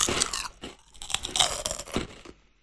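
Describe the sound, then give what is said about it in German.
Loud, irregular crunching of large potato chips from a packet being chewed, a rapid series of sharp, bright crackles in several bursts that fade out near the end, with no talking. “Ich mag die Chips, die ganz oben drauf liegen.”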